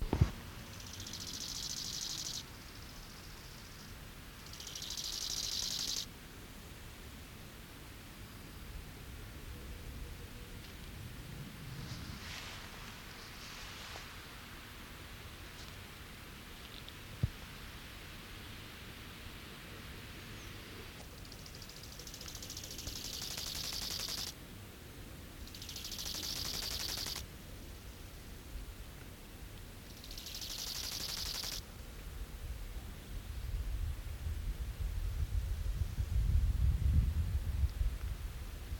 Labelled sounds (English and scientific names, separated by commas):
Bow-winged Grasshopper (Chorthippus biguttulus) stridulation